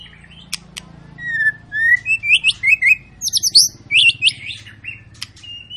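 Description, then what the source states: White-rumped shama song of bright rising whistles and loud repeated high phrases, with a low hum in the background. Long lure recording of an active, persistently singing bird, meant to prompt other birds to sing.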